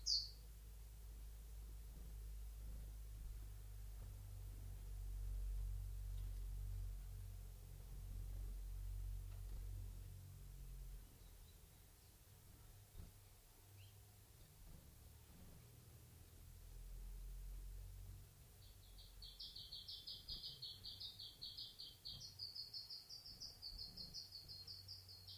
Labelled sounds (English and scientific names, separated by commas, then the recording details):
Common Chiffchaff (Phylloscopus collybita) song
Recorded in captivity
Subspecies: collybita
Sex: male
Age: adult
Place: Zoologisches Institut Universität Tübingen, Baden-Württemberg, DE
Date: 1969-07-07
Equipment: Nagra III PH, MD 211, PES 26
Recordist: Schneider, Hans-Joachim
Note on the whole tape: Im Vogelzimmer im Haus 8: 1. Männchen blau/rot-gelb/braun: Gleichmäßige Gesänge. 2. Männchen balu/balu-rot/gelb: Brehmiiartige Triller. 3. Männchen balu/blau-rot/gelb: Gesang auch ohne Triller